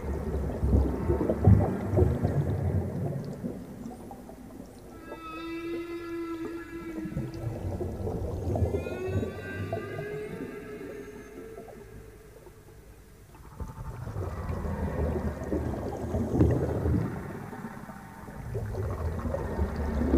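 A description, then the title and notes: Whale and dolphin sounds underwater: from about five to thirteen seconds a long, wavering call rises and holds, with a stack of bright tones above it. Around it, a deep rumbling, churning wash swells and fades, loudest at the start and end. Whale and Dolphin Sounds Underwater. Deep underwater whale and dolphin sounds.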